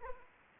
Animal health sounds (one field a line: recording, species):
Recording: mosquito wingbeat signal from an infrared sensor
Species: Anopheles arabiensis